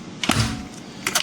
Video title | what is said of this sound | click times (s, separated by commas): The Addmotor Citytan...the MOST Affordable Folding Electric Trike! Get out and Live Electric Life! | slide the battery in. You'll hear it lock. | 1.1 s